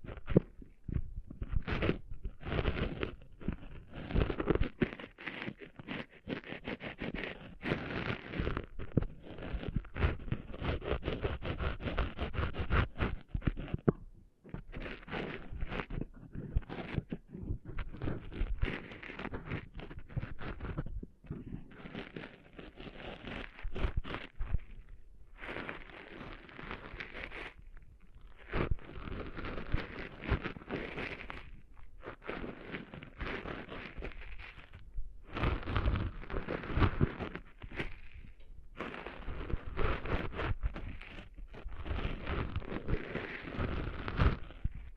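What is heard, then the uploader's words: ASMR ear cleaning, with sand scraping and crackling. Gritty rustling bursts come in quick, dense runs, often pausing briefly, around 14, 25 and 32 seconds. The texture stays rough and full from low rumble up to bright grit, with no speech. ASMR Cleaning Sand Out of Your Ears (No Talking).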